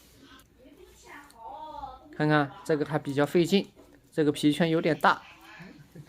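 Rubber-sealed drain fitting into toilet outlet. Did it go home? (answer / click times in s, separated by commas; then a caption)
no / none. A rubber-ringed anti-blockage drain fitting is forced into a toilet outlet, going in with effort because its rubber ring is a bit large, while someone talks over faint handling noises. Nothing has seated or clicked yet in this clip.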